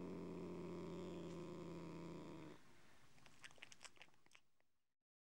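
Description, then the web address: Cat giving a low, steady, droning call lasting over two seconds, followed by several soft clicks and taps before silence. Howling. "BBC Sound Effects Library. Mog Cat Howling"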